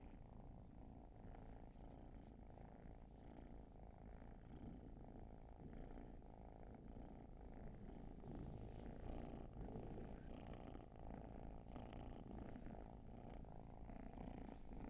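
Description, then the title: Cat purring continuously, a rough low drone that grows slightly louder midway. Long purring session, raw field recording. "Field Recs Purrathon RAW"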